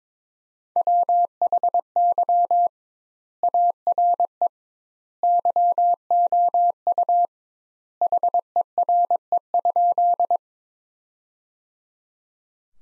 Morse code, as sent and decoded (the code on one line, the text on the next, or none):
.-- .... -.-- / .- .-. . / -.-- --- ..- / .... . .-. . ..--..
WHY ARE YOU HERE?